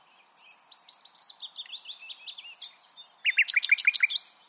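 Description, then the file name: Common nightingale song, a long run of quick descending whistled notes building into a loud, fast stuttering trill near the end. "Luscinia megarhynchos"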